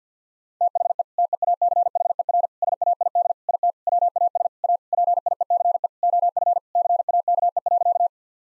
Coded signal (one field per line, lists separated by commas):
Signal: Morse code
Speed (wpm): 50 wpm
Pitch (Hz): 700 Hz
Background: none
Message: THE TEACHER SAID IT WAS A PIECE OF CAKE.